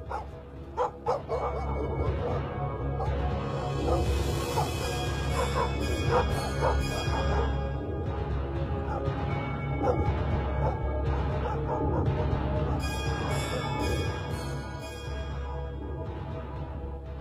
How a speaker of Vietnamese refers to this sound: Tiếng hô hoán gào thét trong kinh hãi, cộng với tiếng bước chân rầm rập, tiếng chó trong làng sủa lên inh ỏi.